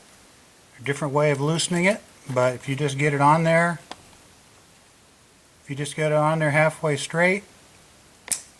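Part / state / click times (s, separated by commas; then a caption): EVAP line quick connector onto purge valve port / seated / 8.3 s. On a 2007 Chevy Cobalt, the plastic quick-connect fitting on the EVAP line is started halfway straight onto the purge valve port while someone talks. After a pause, the fitting is pushed in and a single sharp, loud click rings out at 8.3 seconds as it seats in place.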